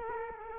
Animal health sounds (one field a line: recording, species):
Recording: mosquito wingbeat signal from an infrared sensor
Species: Culex quinquefasciatus